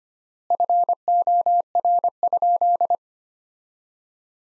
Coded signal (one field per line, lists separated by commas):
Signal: Morse code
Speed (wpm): 25 wpm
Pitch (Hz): 700 Hz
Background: none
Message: FOR?